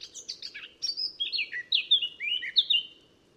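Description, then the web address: Eurasian blackcap song: a short scratchy chatter leading into rich, clear whistled phrases that slide downward, ending in a loud flutey flourish. "SETE data Sylvia atricapilla"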